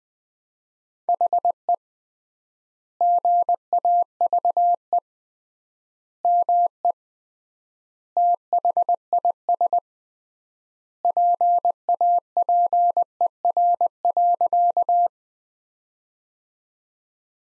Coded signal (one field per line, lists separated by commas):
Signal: Morse code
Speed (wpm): 20 wpm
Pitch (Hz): 700 Hz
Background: none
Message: HE GAVE ME THIS PAPER.